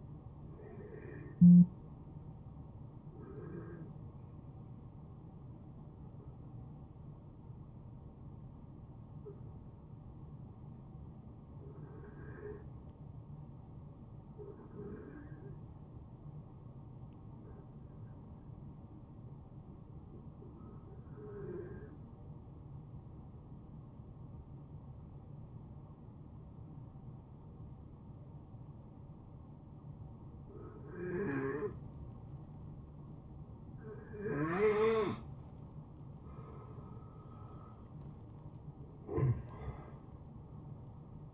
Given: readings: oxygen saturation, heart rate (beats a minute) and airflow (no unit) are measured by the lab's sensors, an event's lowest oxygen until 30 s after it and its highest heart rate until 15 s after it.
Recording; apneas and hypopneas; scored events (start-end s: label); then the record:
breathing in sleep by a smartphone at the bedside; 1
3.00-37.30 s: hypopnea (N1, oxygen 95% highest, then 86% lowest, heart rate 69 at the start, 74 highest)
15.00-41.34 s: new sleep stage, N2 (light sleep)
From the record:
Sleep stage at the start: N1 (lightest sleep); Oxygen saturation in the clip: 88 to 95%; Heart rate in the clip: 52 to 73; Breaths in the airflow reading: 5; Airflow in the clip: -18.2 to 10.0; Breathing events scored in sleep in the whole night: 263 in 5.5 hours asleep